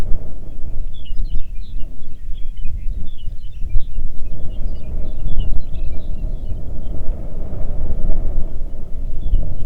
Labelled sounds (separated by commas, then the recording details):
songbird, wind
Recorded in the Arctic National Wildlife Refuge, Alaska, on 3 June 2019 at 04:36
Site 37